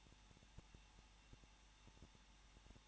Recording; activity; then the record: daily activity, microphone in the room; no activity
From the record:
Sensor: 1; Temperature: 20.1 degrees Celsius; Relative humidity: 39.4%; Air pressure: 1006.4 hPa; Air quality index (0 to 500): 219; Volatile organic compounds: 81 ppm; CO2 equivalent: 3617 ppm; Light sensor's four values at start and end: 1/2/1/1 and 1/2/1/1